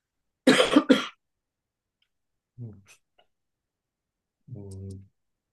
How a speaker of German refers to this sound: Es ist eher so, dass ich so Husten habe.